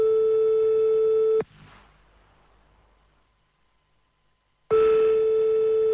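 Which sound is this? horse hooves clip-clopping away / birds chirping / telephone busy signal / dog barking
telephone busy signal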